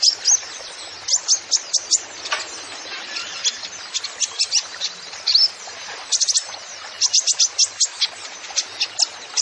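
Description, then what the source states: Kolibri Ninja song: very high, sharp chirps in quick runs and short pauses, with occasional brief rapid trills. Masteran recording used to train songbirds, full of 'isian' fill-in and 'tembakan' shot song phrases, meant as 'pancingan' to prompt other birds; bird described as 'gacor', singing persistently.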